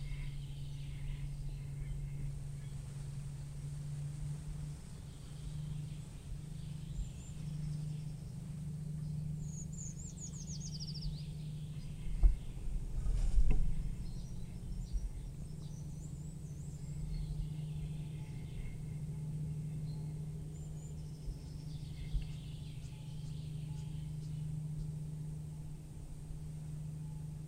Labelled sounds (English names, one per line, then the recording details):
Eurasian Treecreeper song
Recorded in the wild
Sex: diverse
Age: adult
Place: Freiburg, Baden-Württemberg, DE
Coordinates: 48.0333, 7.82472
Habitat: Schonung
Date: 1960-03-25
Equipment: Maihak MMK 4, Sennheiser MD 82
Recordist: Thielcke, Gerhard